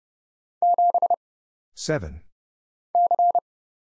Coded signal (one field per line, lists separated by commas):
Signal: Morse code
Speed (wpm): 30 wpm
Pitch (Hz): 700 Hz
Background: none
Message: 7 C